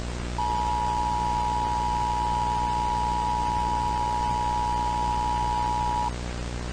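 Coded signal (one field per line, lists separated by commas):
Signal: Emergency Alert System (SAME) tones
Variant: 853 and 960 Hz attention tone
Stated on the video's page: Entirely fictional analog-horror EAS alert set in the backrooms.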